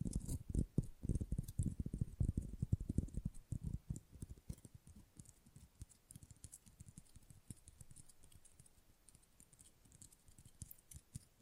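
Fast, rough nail filing mixed with quick tapping, a dense run of short scratchy strokes with bright hiss on top. The first four seconds are loudest, with heavy low knocks; after that the strokes turn lighter and scattered, with a few sharper taps near the end.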